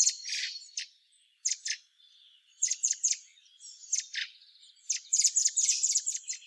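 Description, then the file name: Common blackbird giving high, scratchy chips in short clusters, separated by quiet gaps, ending in a denser run of rapid twittering notes. "Turdus merula"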